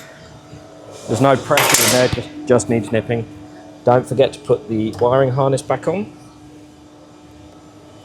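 Someone talks while the wiring harness connector is handled and lined up with the sensor on a plastic airbox, after the hose clip on the airbox has been nipped up during a performance panel or cone filter install on a Fiesta, Puma or Focus ST/RS. The last couple of seconds are quiet, with no hits. Nothing has seated or clicked yet.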